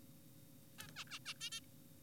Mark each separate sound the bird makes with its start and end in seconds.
0.79-0.88, 0.96-1.04, 1.10-1.19, 1.26-1.34, 1.41-1.50, 1.52-1.60